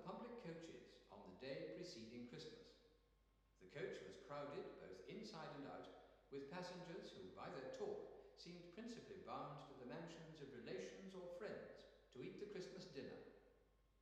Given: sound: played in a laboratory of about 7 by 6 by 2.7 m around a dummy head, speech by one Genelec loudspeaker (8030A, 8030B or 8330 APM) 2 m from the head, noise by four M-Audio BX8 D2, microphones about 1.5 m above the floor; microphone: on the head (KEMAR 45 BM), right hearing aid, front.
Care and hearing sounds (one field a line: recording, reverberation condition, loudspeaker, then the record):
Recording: male speech in English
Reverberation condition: high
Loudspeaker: 120 degrees to the right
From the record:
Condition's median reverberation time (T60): about 1300 ms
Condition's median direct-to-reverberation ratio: about -4.0 dB